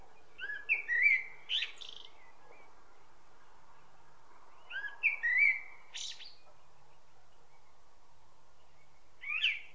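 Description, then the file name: Common blackbird repeating a similar phrase twice, each a mellow fluted whistle ending in a high squeaky twitter, with a short fragment near the end. "Turdus merula"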